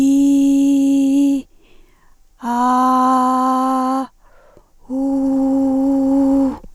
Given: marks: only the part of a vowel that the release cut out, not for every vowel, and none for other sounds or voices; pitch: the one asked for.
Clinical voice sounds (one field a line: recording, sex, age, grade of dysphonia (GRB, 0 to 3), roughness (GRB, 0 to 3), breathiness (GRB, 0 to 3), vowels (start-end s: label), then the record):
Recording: sustained vowels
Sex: female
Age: 60 to 69 years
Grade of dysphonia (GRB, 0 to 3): 2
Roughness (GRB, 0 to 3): 1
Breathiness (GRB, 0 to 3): 2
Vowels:
0.00-1.10 s: vowel /i/, normal pitch
2.67-3.86 s: vowel /a/, normal pitch
5.13-6.36 s: vowel /u/, normal pitch
From the record:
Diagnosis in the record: recurrent laryngeal nerve paralysis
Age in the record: 63 years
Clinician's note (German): Links, deutliche Verbesserung gegenüber Vorbefund